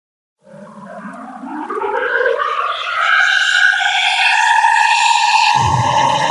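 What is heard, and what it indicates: Cochlear implant simulation: music processed to simulate hearing through a cochlear implant with 32 channels, the last of a 4, 8, 16 and 32 channel series. Buzzy, band-limited harmonic tones sweep upward.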